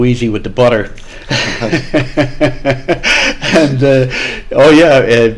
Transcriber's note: laughs